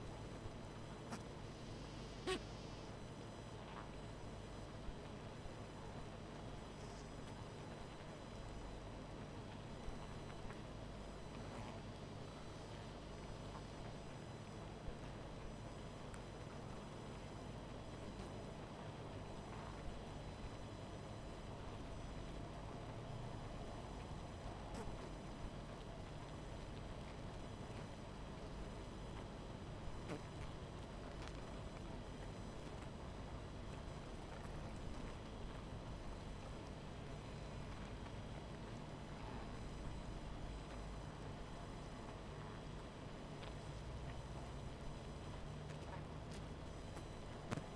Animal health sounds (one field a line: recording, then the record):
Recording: honeybee colony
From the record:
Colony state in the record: missing queen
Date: 14 July 2017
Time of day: 20:27